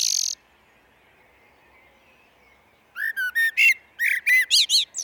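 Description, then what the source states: Common blackbird gives a short high note, then silence, then a lively run of repeated warbling and chirping notes over the last two seconds. Recorded in a glen.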